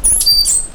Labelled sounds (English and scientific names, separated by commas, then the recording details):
Stitchbird (Notiomystis cincta) song
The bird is a male
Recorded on Tiritiri Matangi Island, New Zealand, in 2005
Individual 1, of nest box 1